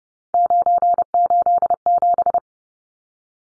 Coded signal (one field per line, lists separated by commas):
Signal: Morse code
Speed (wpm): 30 wpm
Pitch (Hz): 700 Hz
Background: none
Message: 987